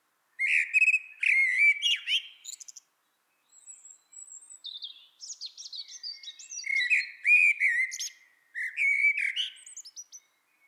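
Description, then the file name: Common blackbird song of fluty, warbling whistles mixed with thin high squeaks and twitters, phrases following closely with two short pauses. "Turdus merula"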